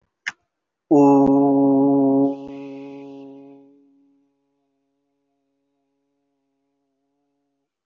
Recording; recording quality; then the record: sustained vowel as in boot; excellent, no background noise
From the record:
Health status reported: respiratory illness, not identified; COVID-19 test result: negative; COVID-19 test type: RT-PCR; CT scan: taken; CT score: 0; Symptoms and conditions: another respiratory illness, another condition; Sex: male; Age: 20 years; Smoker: no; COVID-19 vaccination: one dose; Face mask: worn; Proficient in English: yes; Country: India